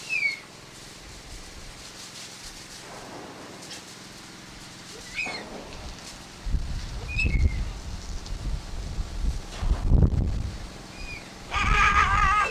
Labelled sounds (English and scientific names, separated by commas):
Puma (Puma concolor) call